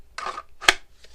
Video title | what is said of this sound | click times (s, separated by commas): Armalaser TR35 Kydex holsters by Pyntek | You get that nice positive snap sound. | 0.7 s